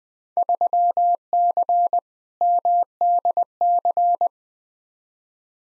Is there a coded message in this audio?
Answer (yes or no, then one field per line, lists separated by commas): yes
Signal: Morse code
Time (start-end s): 0.4-4.3 s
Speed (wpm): 20 wpm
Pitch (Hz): 700 Hz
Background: none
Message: 3C MDC